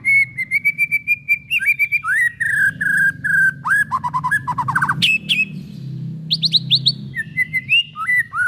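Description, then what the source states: White-rumped shama song: continuous fast whistled trills and slurred notes shifting in pitch, over a steady low hum in the background. Used as a lure for trapping.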